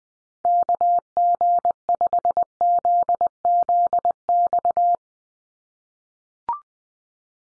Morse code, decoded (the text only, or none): KG5ZZX